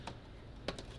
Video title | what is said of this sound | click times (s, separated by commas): Multi Function Computer Monitor Stand Review | them in in any position you want they just kind of click into place but I'm gonna extend them all the way out and | 0.1 s, 0.7 s, 0.8 s